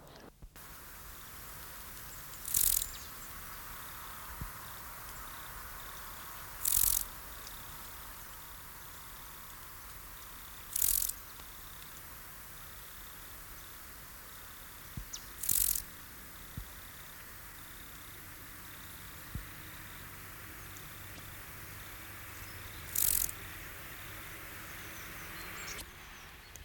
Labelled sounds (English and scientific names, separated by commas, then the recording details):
Field Grasshopper (Chorthippus brunneus) stridulation
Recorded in the wild
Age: imago
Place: Treuchtlingen, Heumöderntal, Bayern, DE
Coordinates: 48.96, 10.91
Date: 1993-09-02 11:29
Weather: sonnig 15,1°C
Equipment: Marantz CP 430, Sennheiser MKH 416 T, Kopie Uher Variocord 263
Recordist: Tembrock, Günter